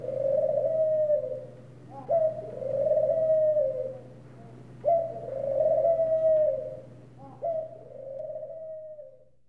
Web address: bird ring dove calling animal